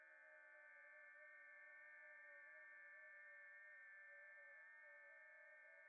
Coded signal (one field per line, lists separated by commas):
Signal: FT8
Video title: Come have some fun while i try making contacts on Amateur Radio FT8 &FT4